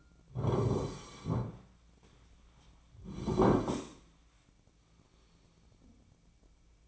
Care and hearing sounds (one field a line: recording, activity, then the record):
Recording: daily activity, microphone in the room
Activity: sit down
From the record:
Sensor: 1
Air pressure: 1009.3 hPa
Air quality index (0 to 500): 177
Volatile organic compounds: 3 ppm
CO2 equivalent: 1490 ppm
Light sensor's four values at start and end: 43/112/47/55 and 45/120/50/59